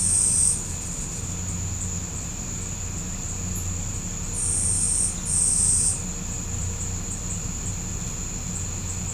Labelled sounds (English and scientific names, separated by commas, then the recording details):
none
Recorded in pastures near Puerto Asís, Putumayo, Colombia, on 18 December 2024 at 09:30
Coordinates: 0.505, -76.324
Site G063